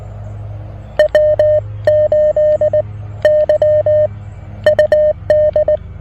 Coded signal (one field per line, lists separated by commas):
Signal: Morse code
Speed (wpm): 19 wpm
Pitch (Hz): 610 Hz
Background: music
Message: W8YUD